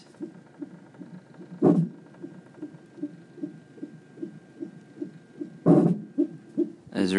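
Fast, regular whooshing pulses near 160 a minute on fetal Doppler, a reassuring fetal heartbeat, with brief rustling bumps, heard at the hospital during a check prompted by concern about the baby's movement.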